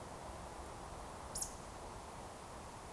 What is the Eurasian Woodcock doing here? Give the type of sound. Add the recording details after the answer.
whistle. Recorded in Baden-Württemberg, Germany, on 14 June 2020 at 20:19 UTC. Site 43791, 788 m above sea level